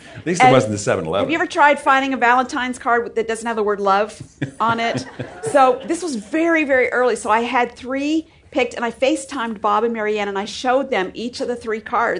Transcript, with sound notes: At least it wasn’t a 7-Eleven.
Have you ever tried finding a Valentine’s card that doesn’t have the word “love” on it? (laughter) So this was very, very early. I had three picked, and I FaceTimed Bob and Mary Ann, and I showed them each of the three cards.